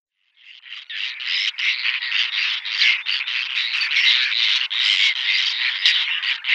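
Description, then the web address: Whiskered tern uttering a fast, near-continuous stream of grating, raspy squawks that barely breaks. "Schulze Peter Whiskered Tern"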